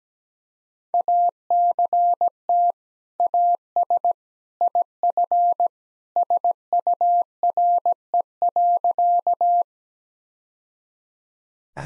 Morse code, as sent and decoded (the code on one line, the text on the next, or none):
.- -.-. - / .- ... / .. ..-. / ... ..- .-. . .-.-.-
ACT AS IF SURE.